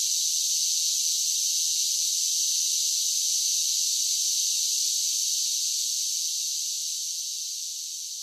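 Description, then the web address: Cicada chorus, a continuous shrill buzzing wash with no breaks, holding steady before slowly fading over the last two seconds. Large groups of cicadas singing together, a buzzing chorus song. "Blastwave INSECTS Cicadas Sing. cicadas sing song buzz large groups singing insect bug"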